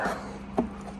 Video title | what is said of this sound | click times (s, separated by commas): How to assemble a GE Profile fridge | clicks into place | 0.6 s